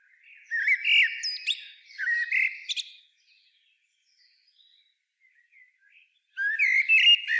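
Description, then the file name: Common blackbird song, mellow warbled phrases sliding around a middle pitch with squeaky high flourishes, a pause of faint notes, then a new phrase begins. "Turdus merula"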